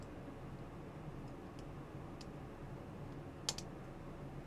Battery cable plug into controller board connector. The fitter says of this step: Push it down till it clicks.